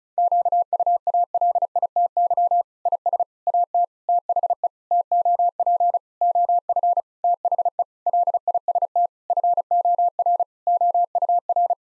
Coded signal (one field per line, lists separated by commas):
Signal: Morse code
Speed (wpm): 36 wpm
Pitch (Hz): 700 Hz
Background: none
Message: QUALITY IS AT THE TOP OF THE LIST FOR OUR